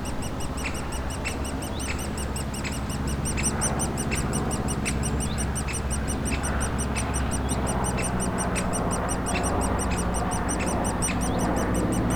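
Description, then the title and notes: Woodpecker young begging in a nonstop rapid series of high chirps, with occasional clicks and a strong low engine hum underneath. Nestlings in a cavity at the foot of a dead tree trunk, squawking continuously as light aircraft and airliners fly over; Bois Saint-Martin near Lognes aerodrome, Noisy-le-Grand, France. Recorded with a DR-40X. "Bois Saint-Martin RH9V+J6 Noisy-le-Grand, France - Oisillons et gros "volatiles" bruyants. Au pied d'un tronc d'arbre mort, les oisillons d'un pic dans leur cavité piaillent continuellement alors que des avions survolent la zone"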